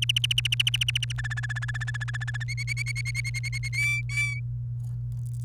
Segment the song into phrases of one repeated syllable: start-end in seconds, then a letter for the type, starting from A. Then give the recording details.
0.02-1.12 A, 1.18-2.44 B, 2.48-3.69 C, 3.73-4.40 D. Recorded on 29 April 2018 at 10:32. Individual llb3